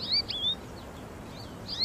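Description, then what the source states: American goldfinch chatter: several high, thin, sliding chirps and twitters in quick bursts, with a quieter stretch in between over faint background hiss. Large group in backyard trees and at a feeder, Tuscaloosa, Alabama; mixed breeding and non-breeding plumage; zooming around and chattering happily.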